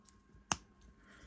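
A hip piece is pushed onto a BLOKEES Jurassic World plastic brick-built dinosaur figure, a building-block toy. One sharp, loud snap at 0.5 s stands out over a quiet background, with a faint tick near 0.1 s. The hip piece snaps on and is seated.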